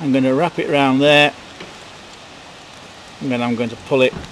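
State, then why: Not seated. Someone talks while wrapping a plastic cable tie around the rear hugger mount of an NC700 motorcycle, before pulling it tight. Between the words there is only a low, steady background hiss. The tie is only wrapped around so far, and nothing has clicked or seated yet.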